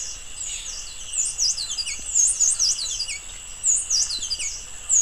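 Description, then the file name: Streak-throated hermit giving thin, very high squeaky chips in short rapid clusters, irregularly repeated, with a constant high-pitched drone in the background. "Golosa ptic - Solnechnyj kolibri Rupuruma Phaethornis rupurumii"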